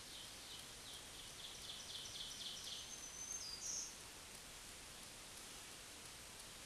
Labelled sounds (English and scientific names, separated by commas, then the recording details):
Black-throated Green Warbler (Setophaga virens) song
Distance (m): 30 m
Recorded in a Pennsylvania forest on 1 June 2023 at 08:50
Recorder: AudioMoth, point grid3_8_high
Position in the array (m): 131 m, 106 m